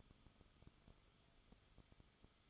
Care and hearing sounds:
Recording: daily activity, microphone in the room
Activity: no activity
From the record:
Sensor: 4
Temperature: 22.9 degrees Celsius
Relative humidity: 34.5%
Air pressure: 1011.5 hPa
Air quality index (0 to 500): 193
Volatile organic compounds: 13 ppm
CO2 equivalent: 2389 ppm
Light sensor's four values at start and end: 2/3/1/1 and 2/3/1/1

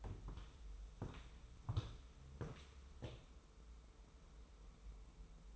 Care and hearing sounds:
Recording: daily activity, microphone in the room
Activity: walk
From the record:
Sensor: 1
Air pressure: 994.3 hPa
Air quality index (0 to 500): 220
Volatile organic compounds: 1000 ppm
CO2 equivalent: 7873 ppm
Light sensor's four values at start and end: 70/156/69/72 and 78/169/76/79

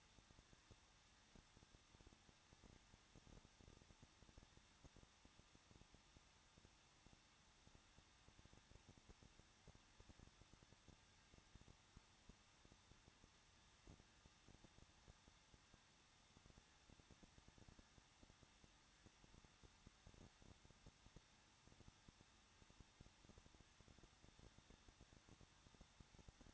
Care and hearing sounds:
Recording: daily activity, microphone in the room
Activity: no activity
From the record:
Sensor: 3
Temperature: 21.2 degrees Celsius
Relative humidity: 36.2%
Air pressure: 1006.5 hPa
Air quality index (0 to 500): 220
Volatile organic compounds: 39 ppm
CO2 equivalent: 3130 ppm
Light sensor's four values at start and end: 2/3/2/2 and 2/3/2/2

